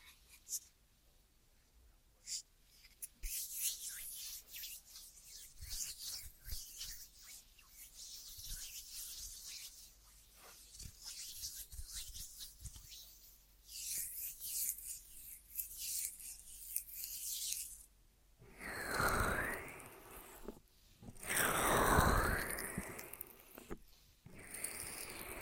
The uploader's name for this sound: Ear Massage Triggers